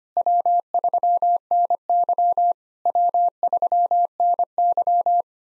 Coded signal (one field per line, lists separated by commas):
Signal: Morse code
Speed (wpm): 25 wpm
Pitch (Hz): 700 Hz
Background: none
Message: W3NY W3NY